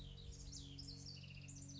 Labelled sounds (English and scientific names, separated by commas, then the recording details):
House Wren (Troglodytes aedon)
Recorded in Sonoma County, California